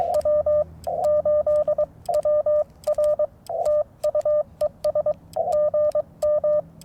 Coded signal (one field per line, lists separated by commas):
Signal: Morse code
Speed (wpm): 20 wpm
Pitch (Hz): 600 Hz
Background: radio noise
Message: W8WR TU ES GM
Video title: Morning Morse Code at Tuskegee National Forest K-4451 - 12/27/23